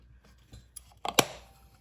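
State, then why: Seated. A dust cover is pressed back onto the rebuilt ignition distributor of a Farmall 450 tractor. Faint handling noise leads into sharp, short clicks at 0.8 s and 1.2 s, with a smaller tap just before the louder second click. The dust cover clicks into place and is seated.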